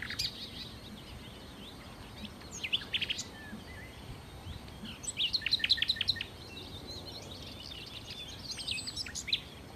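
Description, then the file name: Common nightingale song: fairly quiet bursts of high, rapidly repeated notes, with a louder run of sharp repeated notes in the middle, over faint background noise. "Nachtigall"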